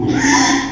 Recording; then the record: squeal of a Yucatan mini pig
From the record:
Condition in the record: after surgery on the right vocal fold (resection and tissue-engineered implant); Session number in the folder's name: 3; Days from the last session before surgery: 33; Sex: male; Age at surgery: 12 weeks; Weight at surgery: 13 kg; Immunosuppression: cyclosporine, prednisolone